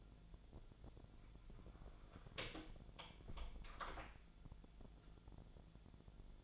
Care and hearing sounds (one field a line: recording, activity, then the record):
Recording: daily activity, microphone in the room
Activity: close door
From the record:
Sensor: 5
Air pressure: 1000.6 hPa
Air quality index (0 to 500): 152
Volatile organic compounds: 2 ppm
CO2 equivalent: 1170 ppm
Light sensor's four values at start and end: 48/112/47/50 and 48/112/47/50